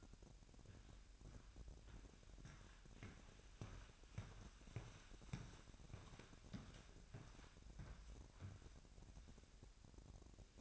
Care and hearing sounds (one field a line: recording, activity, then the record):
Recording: daily activity, microphone in the room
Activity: walk to room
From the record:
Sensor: 2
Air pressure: 1012.1 hPa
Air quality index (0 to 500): 147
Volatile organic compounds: 2 ppm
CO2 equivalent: 1065 ppm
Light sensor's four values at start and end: 87/209/86/85 and 84/202/83/82